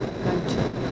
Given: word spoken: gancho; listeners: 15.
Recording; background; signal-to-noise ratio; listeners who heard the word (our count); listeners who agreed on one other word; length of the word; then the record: one Spanish word in noise, from a listening test; noise modulated by three-talker babble; -6.2 dB; 3 of 15; 7 of 15; 0.51 s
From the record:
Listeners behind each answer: 7, 3, 1, 1, 1, 1, 1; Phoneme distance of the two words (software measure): 7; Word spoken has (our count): 2 syllables, 5 phonemes, stress on syllable 1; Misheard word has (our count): 2 syllables, 4 phonemes, stress on syllable 1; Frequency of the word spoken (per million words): 4.01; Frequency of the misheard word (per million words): 22.37